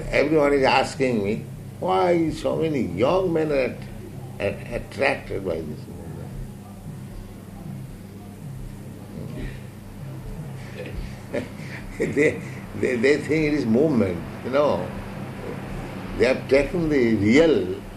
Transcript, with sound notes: Everyone is asking me, "Why so many young men are attracted by this movement?" [laughs] They think it is movement. No. They have taken the real